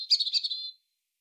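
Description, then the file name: European robin song fragment: a brief, quick trill of high notes fading into a thin sustained whistle. "Erithacus rubecula"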